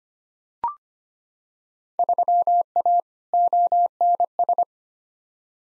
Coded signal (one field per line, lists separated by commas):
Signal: Morse code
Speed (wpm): 25 wpm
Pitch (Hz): 700 Hz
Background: none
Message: 3A ONS